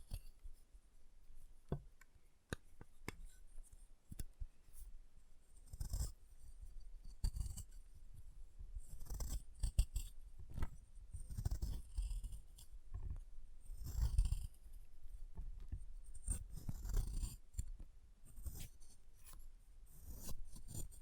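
Chalk being carved and cut, with a run of sharp scraping clicks and short gritty strokes scattered irregularly across the whole stretch. Dull low thumps come now and then, thickest from about six seconds on, while quick bright ticks snap out between the scrapes.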